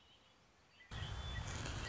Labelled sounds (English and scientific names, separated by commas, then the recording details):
Red-winged Blackbird (Agelaius phoeniceus)
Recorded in Sonoma County, California